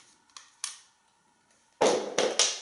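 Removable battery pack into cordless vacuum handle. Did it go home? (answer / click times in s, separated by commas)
yes / 2.2 s, 2.4 s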